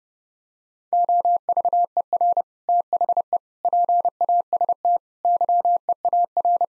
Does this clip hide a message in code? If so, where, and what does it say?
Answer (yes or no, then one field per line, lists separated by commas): yes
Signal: Morse code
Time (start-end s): 0.9-6.6 s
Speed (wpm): 30 wpm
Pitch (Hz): 700 Hz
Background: none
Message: OVER THE PAST YEAR